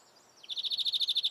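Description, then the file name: European greenfinch: a quick slurred note leading into a steady trill of about a dozen evenly spaced high pulses. "Chloris chloris"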